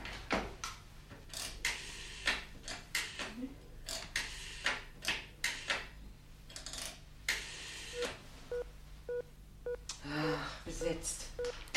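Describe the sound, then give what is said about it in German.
A telephone number is dialed: a run of sharp, uneven clicks followed by a few brief electronic beeps, all over a low steady hum. “Ich habe die Telefonnummer schon. Einen Augenblick nur.”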